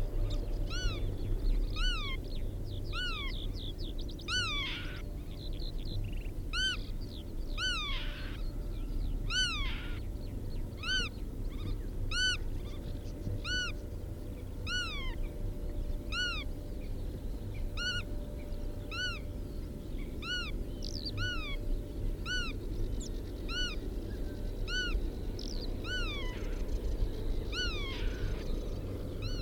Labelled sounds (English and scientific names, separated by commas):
Black-tailed Godwit (Limosa limosa) call